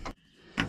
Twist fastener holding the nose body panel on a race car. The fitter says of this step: twist it tight until it clicks there it went